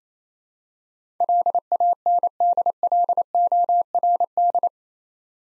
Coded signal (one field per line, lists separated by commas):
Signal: Morse code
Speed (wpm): 29 wpm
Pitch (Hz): 700 Hz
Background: none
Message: LANDLORD